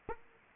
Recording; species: mosquito wingbeat signal from an infrared sensor; Aedes aegypti